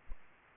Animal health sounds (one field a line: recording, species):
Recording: mosquito wingbeat signal from an infrared sensor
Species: Aedes aegypti